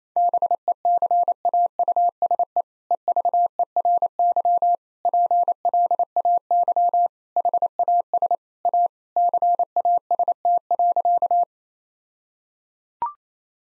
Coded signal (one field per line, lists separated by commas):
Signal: Morse code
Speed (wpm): 28 wpm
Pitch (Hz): 700 Hz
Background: none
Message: BECAUSE EVERY PLAY HAS A CAST.